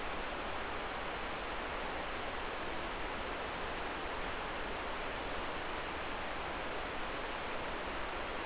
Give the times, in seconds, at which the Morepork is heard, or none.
none